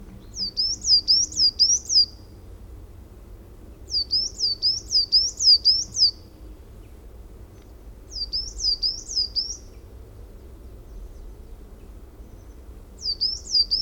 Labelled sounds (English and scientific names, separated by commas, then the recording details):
Coal Tit (Periparus ater) song
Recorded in the wild
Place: Schaabewald bei u. südl. Forsthaus Gelm, Insel Rügen, Mecklenburg-Vorpommern, DE
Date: 1969-04-26
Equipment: NAGRA III BH, Sennheiser MD21 mit Reflektor (d=75 cm, Glasfiber) und Stativ
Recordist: Schubert, Michael